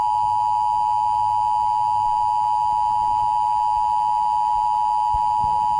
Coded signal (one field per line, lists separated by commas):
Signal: Emergency Alert System (SAME) tones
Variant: 853 and 960 Hz attention tone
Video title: EAS Don't Look Up [Remake]